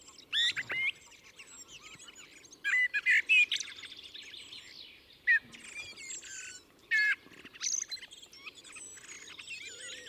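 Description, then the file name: Common blackbird song of whistled notes and high squeaky twittering flourishes in irregular bursts. "Turdus merula"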